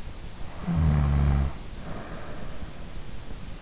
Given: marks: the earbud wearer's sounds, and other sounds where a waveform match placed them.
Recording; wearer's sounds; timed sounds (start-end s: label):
sounds in sleep by an in-ear microphone; snoring breath
0.52-3.08 s: snoring breath